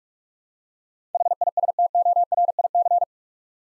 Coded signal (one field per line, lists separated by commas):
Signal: Morse code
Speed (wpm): 46 wpm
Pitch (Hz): 700 Hz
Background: none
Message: HISTORIC